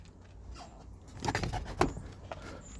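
A plastic steering column trim cover is handled onto the steering column shroud of a 2012 Kia Soul after the bushing replacement, making soft rustling and light plastic taps and knocks through the middle of the clip. The cover has not snapped in place yet, and nothing has seated or clicked by the end.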